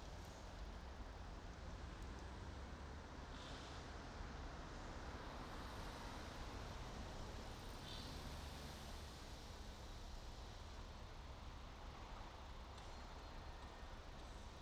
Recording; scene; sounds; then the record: everyday scene through a hearing-aid microphone; in traffic; traffic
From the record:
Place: main city hub, rush hour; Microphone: in the ear canal, right